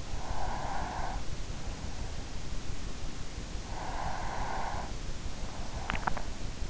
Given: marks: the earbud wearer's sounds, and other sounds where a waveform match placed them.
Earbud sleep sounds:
sounds in sleep by an in-ear microphone; breath, swallowing
0.30-1.44 s: breath
3.67-5.21 s: breath
5.44-6.70 s: swallowing

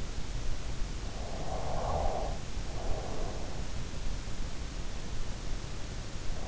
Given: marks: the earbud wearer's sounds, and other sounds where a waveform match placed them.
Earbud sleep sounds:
sounds in sleep by an in-ear microphone; snoring breath
1.74-4.44 s: snoring breath

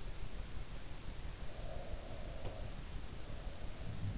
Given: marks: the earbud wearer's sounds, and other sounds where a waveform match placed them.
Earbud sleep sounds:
sounds in sleep by an in-ear microphone; breath
1.23-3.00 s: breath

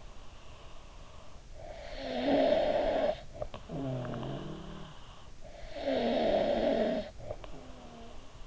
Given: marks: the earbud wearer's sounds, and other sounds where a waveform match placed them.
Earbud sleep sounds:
sounds in sleep by an in-ear microphone; snoring breath
1.41-5.35 s: snoring breath
5.61-8.47 s: snoring breath

